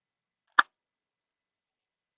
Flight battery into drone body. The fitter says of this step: directly into there and then it pushes with a satisfying click